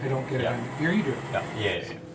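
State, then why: Not seated. Someone handles the emptied coffee-grounds container at the coffee machine, getting ready to push it back in, while people talk throughout. The container has not seated or clicked into place yet.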